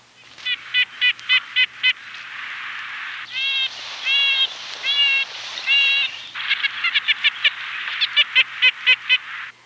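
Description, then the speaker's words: Red-breasted Nuthatch calls: nasal, tinny honking notes in short runs, set between bursts of quick, evenly spaced high chips repeated several times a second. Call likened to a tiny tin horn; often joins chickadee flocks and spends much time near the tops of spruce trees. "Its call has been described as a tiny tin horn."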